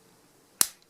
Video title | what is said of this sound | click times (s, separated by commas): Lone Wolf Paul Executive Overview | You can hear it lock into place there too. | 0.6 s